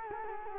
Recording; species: mosquito wingbeat signal from an infrared sensor; Culex quinquefasciatus